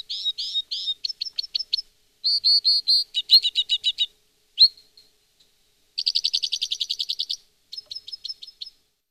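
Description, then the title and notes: Two-barred Crossbill: quick volleys of clipped chips, one run denser than the rest, with a single separate note and short silences between. "Kirjosiipikäpylintu. Viikon luontoäänen esitteli Pertti Koskimies"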